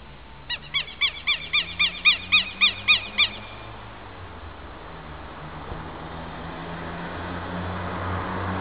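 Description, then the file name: Southern lapwing calling: a rapid series of harsh, strident notes, about ten in three seconds, then steady background hiss with a low hum. "Quero Quero"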